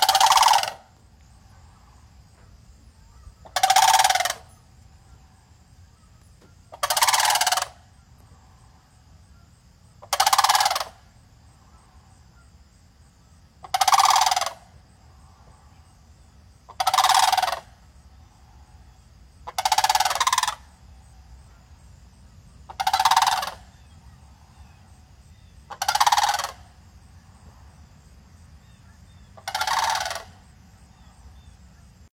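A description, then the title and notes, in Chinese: A sandhill crane gives loud, rolling, rattling calls at a steady pace, one about every three seconds, each lasting roughly a second. Between calls there is a quiet low rumble and a faint, steady high hiss in the background. 沙丘鹤的叫声 美国密歇根州。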